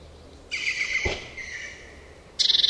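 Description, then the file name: Eurasian blue tit gives a harsh, buzzy drawn-out note with a brief click, then a pulsed churr begins just before the end. "Cyanistes caeruleus"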